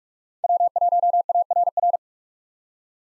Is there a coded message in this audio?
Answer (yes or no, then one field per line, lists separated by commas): yes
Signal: Morse code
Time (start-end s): 0.4-2.0 s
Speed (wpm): 46 wpm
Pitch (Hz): 700 Hz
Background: none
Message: W1ARR